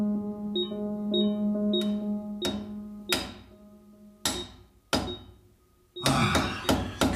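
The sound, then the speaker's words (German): Sharp hammer blows strike a wall as someone works on enlarging a hole in it, in an irregular pattern, about eight loud knocks over a steady low hum, with a few faint taps early on and a quicker run of strikes at the end. “Was hämmerst du denn? Ich arbeite an dem Loch in der Wand.”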